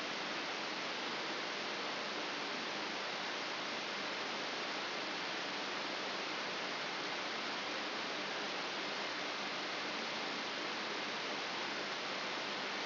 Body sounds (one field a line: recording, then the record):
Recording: brain microelectrode recording played as sound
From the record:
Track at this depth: inside the subthalamic nucleus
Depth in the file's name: 3.302 mm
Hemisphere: left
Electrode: 3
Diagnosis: Parkinson's disease